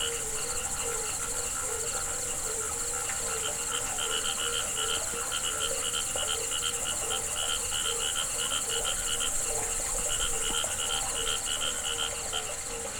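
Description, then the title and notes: Frog chorus of rapid, pulsed croaks running throughout, layered with a constant high-pitched cricket trill. Frogs calling with crickets at a pond on the Hajnice stream near Ústí, Czechia. "Ústí, Czechia - žáby a cvrčci Hajnice. žáby a cvrčci u hodní tůně na potoce Hajnice"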